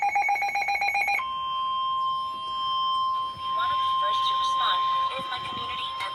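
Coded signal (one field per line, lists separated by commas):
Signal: Emergency Alert System (SAME) tones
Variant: 1050 Hz attention tone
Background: speech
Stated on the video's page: Severe thunderstorm warning alert tones.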